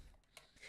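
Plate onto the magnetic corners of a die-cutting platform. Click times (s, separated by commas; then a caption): 0.4 s. A plate is set onto the spring-loaded magnetic corners of a die-cutting press platform and snaps into place with a sharp click at 0.4 s. A softer, longer sound follows around 0.6 s, and someone talks.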